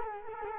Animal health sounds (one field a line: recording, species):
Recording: mosquito wingbeat signal from an infrared sensor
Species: Culex quinquefasciatus